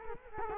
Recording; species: mosquito wingbeat signal from an infrared sensor; Culex quinquefasciatus